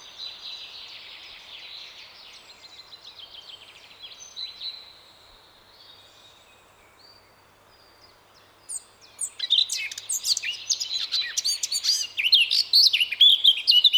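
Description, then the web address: Eurasian blackcap with quiet, muted warbling at first, then after a pause a loud, hurried outburst of varied chirping notes and whistles. "SETE Sylvia atricapilla"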